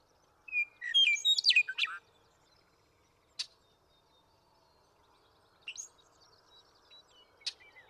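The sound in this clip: Western meadowlark gives one rich, warbling song of descending fluty notes, then near silence broken by a few sharp ticks.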